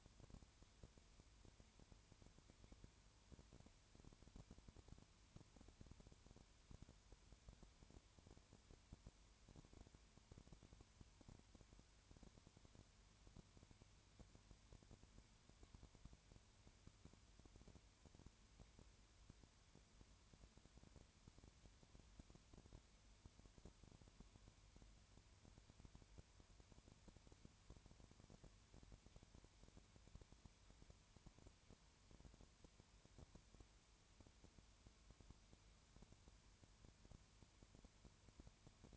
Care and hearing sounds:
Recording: daily activity, microphone in the room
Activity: no activity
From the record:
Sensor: 2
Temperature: 20.3 degrees Celsius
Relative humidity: 33.8%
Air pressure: 1003.2 hPa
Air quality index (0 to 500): 82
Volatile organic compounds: 1 ppm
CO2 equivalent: 786 ppm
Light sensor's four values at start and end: 2/3/2/2 and 2/3/2/2

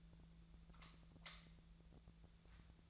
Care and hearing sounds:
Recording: daily activity, microphone in the room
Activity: light off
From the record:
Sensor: 3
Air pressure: 1009.7 hPa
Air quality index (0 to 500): 190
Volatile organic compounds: 15 ppm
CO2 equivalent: 2480 ppm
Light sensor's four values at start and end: 45/119/50/52 and 39/97/42/44

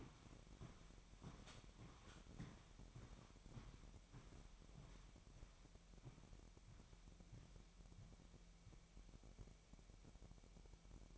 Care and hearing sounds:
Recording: daily activity, microphone in the room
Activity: walk to room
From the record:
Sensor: 1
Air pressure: 1012.3 hPa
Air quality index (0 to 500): 197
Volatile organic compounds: 4 ppm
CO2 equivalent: 1584 ppm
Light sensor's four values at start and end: 77/183/78/82 and 81/193/82/87

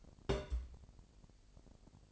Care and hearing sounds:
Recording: daily activity, microphone in the room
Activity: place on stove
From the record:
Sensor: 5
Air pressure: 1002.0 hPa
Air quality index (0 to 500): 258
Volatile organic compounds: 44 ppm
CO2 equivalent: 3215 ppm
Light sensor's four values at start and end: 19/42/18/20 and 19/41/18/20

